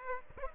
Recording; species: mosquito wingbeat signal from an infrared sensor; Aedes aegypti